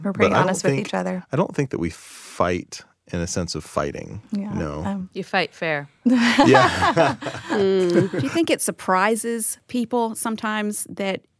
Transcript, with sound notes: We’re pretty honest with each other.
But I don’t think that we fight in the sense of fighting, no.
You fight fair.
[laugh and agree] Do you think it surprises people sometimes that